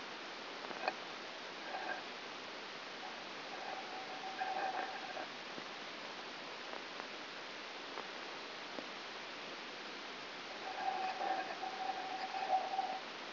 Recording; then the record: brain microelectrode recording played as sound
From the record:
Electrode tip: outside the subthalamic nucleus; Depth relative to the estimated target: -6 mm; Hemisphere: left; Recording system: AlphaMap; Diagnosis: Parkinson's disease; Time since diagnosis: 9 years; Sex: male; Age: 68 years